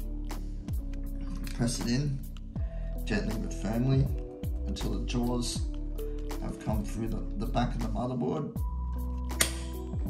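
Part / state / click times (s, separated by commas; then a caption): CPU cooler push pin into motherboard mounting hole / seated / 9.4 s. A stock CPU cooler push pin is pressed through a motherboard mounting hole while someone talks over background music. A single sharp, loud click comes at 9.4 seconds as the pin locks and seats in the motherboard.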